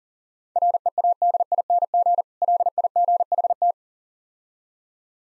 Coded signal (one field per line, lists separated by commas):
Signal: Morse code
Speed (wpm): 37 wpm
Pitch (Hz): 700 Hz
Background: none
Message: READING LIGHT